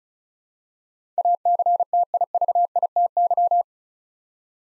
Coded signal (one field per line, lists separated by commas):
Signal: Morse code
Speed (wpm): 36 wpm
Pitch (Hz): 700 Hz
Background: none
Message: ACTIVITY